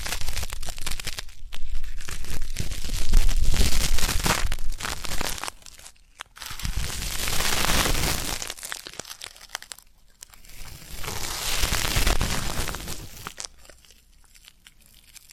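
Ear-cleaning ASMR sounds: dense crinkling and rustling scratches come in long swells, loud from the start to about six seconds, then again around seven to nine and eleven to thirteen. Short near-silent gaps separate the bursts, and the texture stays bright and crackly throughout.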